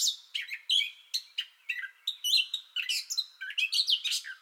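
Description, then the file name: Gray catbird song, a fast patter of short squeaky chips and slurred whistles, phrases following one another almost without pause. Song bout already in progress, recorded 30 May 2021. "2021-05-30 Gray Catbird Song Bout Already Going"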